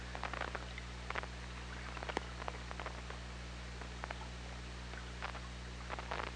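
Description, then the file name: Orca clicks in rapid trains and scattered single pulses, with one sharp loud click, over a constant low hum and hiss. OrcaLab hydrophone, 24 August 2017, 17:55. "Orca Lab UTLN JASON 20170824 175530"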